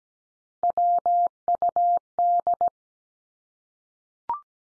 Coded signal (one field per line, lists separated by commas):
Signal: Morse code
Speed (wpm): 17 wpm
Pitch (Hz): 700 Hz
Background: none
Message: WUD